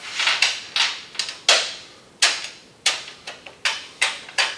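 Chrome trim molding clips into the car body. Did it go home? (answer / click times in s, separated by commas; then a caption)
yes / 1.5 s, 2.2 s, 2.9 s, 4.0 s. Chrome trim molding is pressed onto a freshly painted classic car body, starting at one end, and its clips snap into place in the body. Sharp, bright snaps with quick decays stand out at 1.5, 2.2, 2.9 and 4.0 seconds, among softer clicks and handling noise. The clips seat firmly into the car body.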